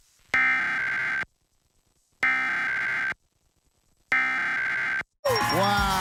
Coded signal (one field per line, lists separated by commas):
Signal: Emergency Alert System (SAME) tones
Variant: header bursts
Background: speech